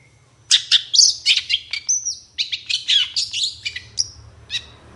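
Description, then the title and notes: Long-tailed Shrike song, a busy stream of harsh chirps, buzzy notes and one drawn-out whistle over a faint low hum. Morning singing; described as energetic, varied song full of fill notes, used to provoke other shrikes into singing. "Cendet Gacor Dor Di Kala Pagi Toet Toet Variasi Suara. Suara Cendet Full Isian Yang Di Cari Pentet Manapun Supaya Cepat Ngotot Emosi Langsung Ikutan Bunyi. Burung cendet"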